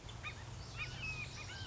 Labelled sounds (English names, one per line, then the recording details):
Red-shouldered Hawk
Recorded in Sonoma County, California